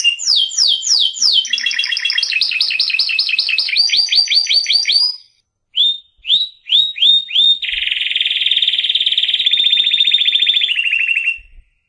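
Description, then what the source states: Canary singing fast descending note series and rolling trills, a short gap at five seconds, several separate sweeping notes, then a long buzzy continuous trill. Canary presented as a competition first-place winner, singing in full, energetic voice.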